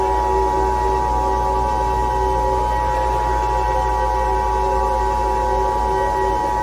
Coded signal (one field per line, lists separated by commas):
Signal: Emergency Alert System (SAME) tones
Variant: 853 and 960 Hz attention tone